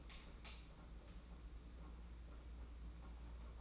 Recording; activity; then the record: daily activity, microphone in the room; light on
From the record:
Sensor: 1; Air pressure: 991.9 hPa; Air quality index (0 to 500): 212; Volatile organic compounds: 1000 ppm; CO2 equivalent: 8253 ppm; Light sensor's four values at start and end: 10/22/9/10 and 20/62/25/25